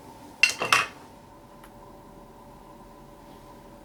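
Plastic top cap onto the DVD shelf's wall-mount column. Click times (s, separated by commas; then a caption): 0.4 s. A plastic top cap is pressed onto the top of a DVD shelf's wall-mount column, which hides the cords, and it snaps into place with a sharp click at 0.4 s. Two more knocks follow just after, then a faint tick at about 1.6 s over a steady low hum. The cap is seated.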